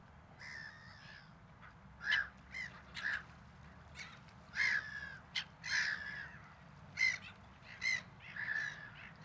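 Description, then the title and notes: Gulls calling, a series of harsh, ringing squawks in short bursts over a low steady background rumble. At a waterfront. "Seagulls. You went to the waterfront to meditate on Saturday"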